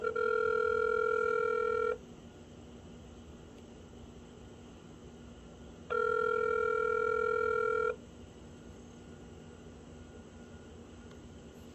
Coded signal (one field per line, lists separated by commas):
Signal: telephone call progress tone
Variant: North America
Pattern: ringback tone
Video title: Sky Devices Elite B5 dialing